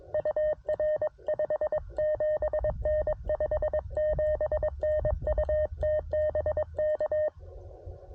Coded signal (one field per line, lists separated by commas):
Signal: Morse code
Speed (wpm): 22 wpm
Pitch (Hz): 610 Hz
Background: none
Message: UR 57N 57N UT BK